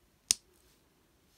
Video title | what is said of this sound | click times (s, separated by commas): Transformers Blokees Galaxy Version Episode 1 Set of 9 Review | pop that on there and then this just pops | 0.3 s